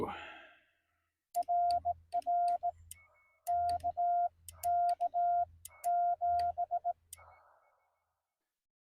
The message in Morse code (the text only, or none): RR KK7